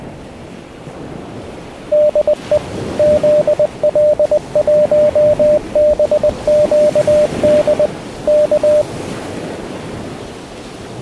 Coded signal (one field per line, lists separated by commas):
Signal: Morse code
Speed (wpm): 20 wpm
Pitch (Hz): 600 Hz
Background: radio noise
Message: DE ZL1BQD K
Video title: 80 Meters for DX-Commander - Roly's Coil, great for DXpeditions.